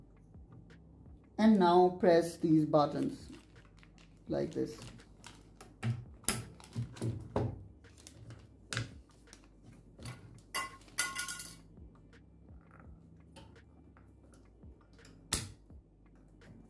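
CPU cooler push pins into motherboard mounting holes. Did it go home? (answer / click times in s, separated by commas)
yes / 6.3 s, 7.4 s, 8.7 s, 11.0 s, 15.3 s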